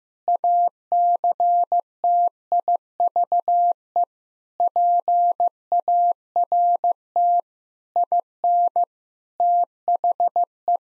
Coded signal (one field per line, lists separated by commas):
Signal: Morse code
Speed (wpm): 15 wpm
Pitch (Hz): 700 Hz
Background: none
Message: ACTIVE PART IN THE